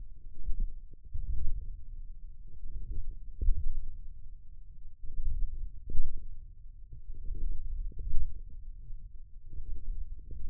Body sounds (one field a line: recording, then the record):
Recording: forearm muscle sounds (acoustic myography)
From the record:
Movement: wrist flexion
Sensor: system 1, eight BSWA MPA416 microphones around the upper forearm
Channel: 6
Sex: male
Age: 28 years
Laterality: right